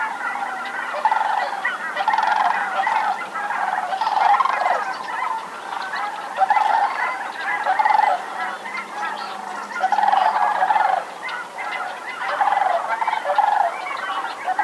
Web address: Sandhill crane. صدای-پرنده-درنای-شنزار